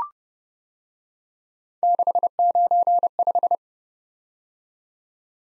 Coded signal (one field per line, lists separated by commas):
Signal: Morse code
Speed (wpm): 29 wpm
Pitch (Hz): 700 Hz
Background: none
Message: 695